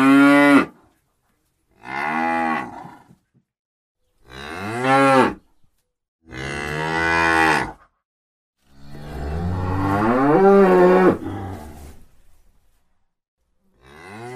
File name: tieng bo sua keu